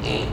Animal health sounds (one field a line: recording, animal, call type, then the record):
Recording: contact call of a hoofed animal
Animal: pig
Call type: closed-mouth grunt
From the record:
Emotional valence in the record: negative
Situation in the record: short social isolation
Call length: 0.33 s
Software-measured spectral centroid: 2150 Hz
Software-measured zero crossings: 2030 a second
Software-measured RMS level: -24 dBFS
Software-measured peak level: -11 dBFS